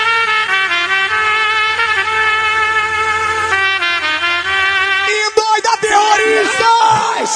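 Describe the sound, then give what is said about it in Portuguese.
A loud crowd of Leão football fans yells and chants together at rival Paysandu fans in a sustained, steady roar, then breaks into more scattered, ragged shouting and cheering toward the end. “torcida do Leão faz ao contrário e manda pra bem longe a galera do Papão.”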